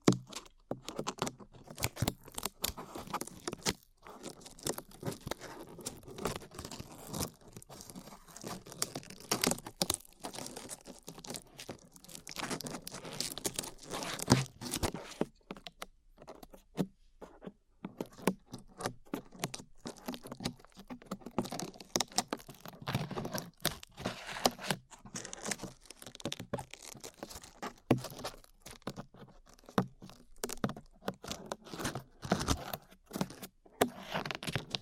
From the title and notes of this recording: ASMR Peeling Glue Off Your Ears (No Talking).